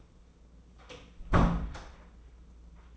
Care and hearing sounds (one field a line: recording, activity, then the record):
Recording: daily activity, microphone in the room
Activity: close door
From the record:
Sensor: 1